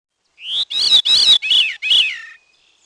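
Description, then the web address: Veery song: a rising fluty note followed by several rolling, downward-spiralling whistled phrases, lasting about two seconds. "Peterson North American Birds"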